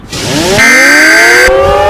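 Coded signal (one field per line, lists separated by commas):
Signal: Emergency Alert System (SAME) tones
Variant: header bursts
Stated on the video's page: Fictional EAS short, not a real broadcast.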